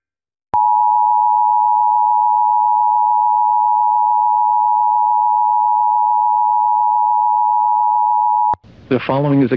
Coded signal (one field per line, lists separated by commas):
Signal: Emergency Alert System (SAME) tones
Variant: 853 and 960 Hz attention tone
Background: speech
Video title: PA RMT for January 2024 [EAS #1,240-1,246]